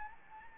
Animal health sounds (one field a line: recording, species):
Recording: mosquito wingbeat signal from an infrared sensor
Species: Anopheles gambiae